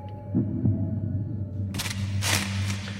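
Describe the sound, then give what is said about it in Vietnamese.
A low, muffled heartbeat, in the chests of two people holding their breath inside a house, thumps a double beat over a steady droning hum, then two brighter, noisy bursts of rustling sound cut in toward the end. “Không gian chìm vào sự im lặng chết chóc, chỉ còn nghe thấy tiếng tim đập ở trong lồng ngực của hai kẻ đang nín thở trong nhà.”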